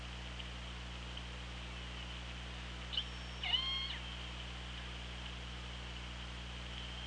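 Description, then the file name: Killer whale call: a brief harmonic sound, then a louder stepped call with several stacked tones, set against steady hiss and low hum. OrcaLab hydrophone, 24 August 2017, 18:03. "Orca Lab UTLN JASON 20170824 180336"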